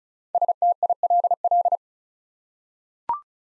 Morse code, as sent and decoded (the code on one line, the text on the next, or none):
... - .. .-.. .-..
STILL